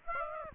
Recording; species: mosquito wingbeat signal from an infrared sensor; Aedes aegypti